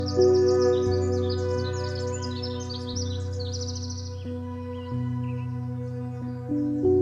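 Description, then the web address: Pacific wren song, a long, rapid, high tumbling run of tinkling notes over the first four seconds, set against loud sustained synthesizer chords that shift now and then. Cedar Grove. "Chad Crouch Cedar Grove Soundwalk. Pacific Wren Interlude"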